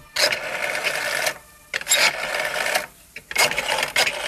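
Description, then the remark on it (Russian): A telephone being dialed: several bursts of buzzy mechanical whirring, each about a second long, separated by short pauses, like a rotary dial spinning back after each digit. No voices. “Я лучше позвоню.”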